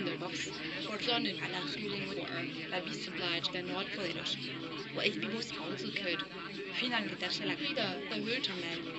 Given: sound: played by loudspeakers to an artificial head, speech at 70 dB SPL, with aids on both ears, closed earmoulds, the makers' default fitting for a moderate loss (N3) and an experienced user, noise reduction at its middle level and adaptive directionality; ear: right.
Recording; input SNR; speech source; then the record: speech test signal (ISTS) in cocktail-party noise; -3 dB; on the right (90 degrees)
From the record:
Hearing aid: class 1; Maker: D